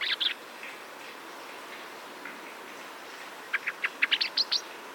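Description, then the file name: Common blackbird with sharp clicking notes, two at the start, then a run of several abrupt chinks near the end, over steady hiss. "Turdus merula"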